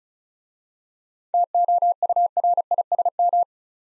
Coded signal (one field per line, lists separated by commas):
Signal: Morse code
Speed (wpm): 36 wpm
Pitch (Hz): 700 Hz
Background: none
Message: TOURISM